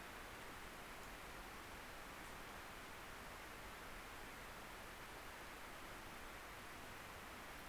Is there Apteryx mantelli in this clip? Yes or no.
no